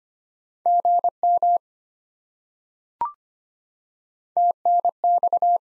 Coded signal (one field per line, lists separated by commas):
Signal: Morse code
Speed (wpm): 25 wpm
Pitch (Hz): 700 Hz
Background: none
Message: GM TNX